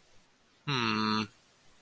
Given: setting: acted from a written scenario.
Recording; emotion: vocal sound without words; confusion